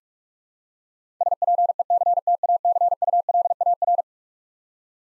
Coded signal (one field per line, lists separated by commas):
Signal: Morse code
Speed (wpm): 46 wpm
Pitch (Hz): 700 Hz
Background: none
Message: SPECTACULAR